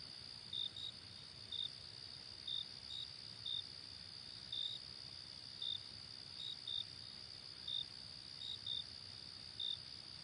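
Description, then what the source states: Cricket chirping, short high trills repeated about once a second over a steady high insect drone, some chirps doubled. Night ambience.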